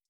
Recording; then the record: hydrophone in a shrimp aquaculture tank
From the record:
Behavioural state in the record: stressed